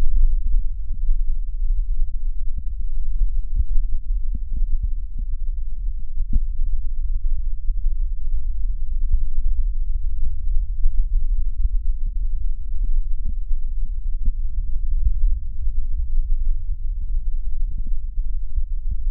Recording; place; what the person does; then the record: lung sounds by stethoscope; right posterior basal chest; quiet breathing, then deep breathing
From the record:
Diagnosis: COPD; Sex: male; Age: 57 years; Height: 165 cm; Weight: 85.7 kg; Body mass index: 31.5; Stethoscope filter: bell mode